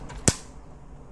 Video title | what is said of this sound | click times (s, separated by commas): My New Drone. 19HW Quadcopter with Camera, Foldable Arms, and Altitude Hold | folding arms are nice and easy to pull out and they click into place as you | 0.3 s